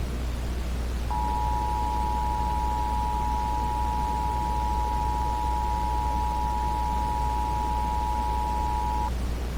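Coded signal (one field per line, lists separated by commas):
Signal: Emergency Alert System (SAME) tones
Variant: 853 and 960 Hz attention tone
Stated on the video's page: Simulated EAS scenario; page says tones are presumably valid.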